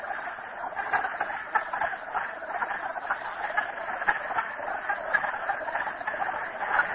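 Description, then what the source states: A chorus of frogs, overlapping hoarse clucks and croaks forming a constant texture, with a few louder single calls standing out. Recorded at Merryspring.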